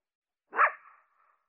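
Coyote giving a single short, harsh bark with a brief trailing tone.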